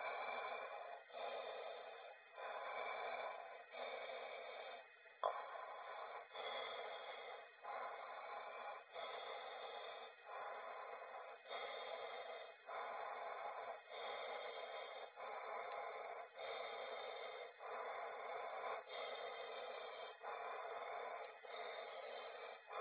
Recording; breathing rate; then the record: paced breathing near a phone; 24 breaths a minute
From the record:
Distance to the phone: 20 cm